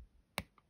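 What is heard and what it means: With its bottom hooks already attached, the top left corner of a medium plastic keycap is gently pressed down onto the butterfly mechanism of a 2016–2018 MacBook Pro A1706, A1707 or A1708 keyboard. A single sharp, bright click rings out at 0.4 s, followed by a much fainter tick at 0.6 s. The keycap corner seats with that click at 0.4 s.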